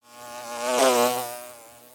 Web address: Animal, Bee, Fly, By, Wings, Buzz, Insect, Bug